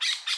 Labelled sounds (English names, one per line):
Brown-throated Parakeet contact call